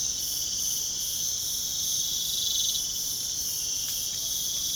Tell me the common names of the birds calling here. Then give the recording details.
Ferruginous Pygmy-Owl. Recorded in pastures near Puerto Asís, Putumayo, Colombia, on 29 June 2025 at 04:00. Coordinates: 0.497, -76.327. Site G040